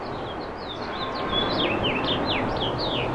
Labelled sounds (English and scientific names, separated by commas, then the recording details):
House Finch (Haemorhous mexicanus) song
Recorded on Long Island, New York, on 17 April 2012
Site GW
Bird B